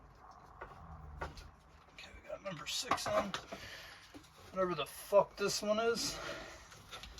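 The number six spark plug wire boot is handled near its terminal on the new distributor cap during a distributor replacement on a GMC Savana van. Someone talks over faint handling taps and knocks. Nothing has seated or clicked yet.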